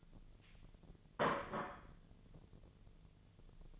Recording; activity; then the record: daily activity, microphone in the room; place plate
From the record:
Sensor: 4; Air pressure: 1010.2 hPa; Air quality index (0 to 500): 179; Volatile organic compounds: 5 ppm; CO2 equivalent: 1817 ppm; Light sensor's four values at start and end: 31/93/36/36 and 31/92/36/36